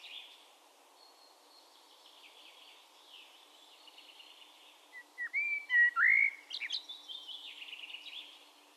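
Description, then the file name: Common blackbird song: a short, loud, fluty whistled phrase with a high squeaky tail, amid soft high twittering. "Turdus merula"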